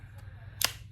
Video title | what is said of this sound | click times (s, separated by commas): DJI Action 5 camera review | and you just pop it on in there you'll hear the click if you don't hear that click it's probably not on there | 0.6 s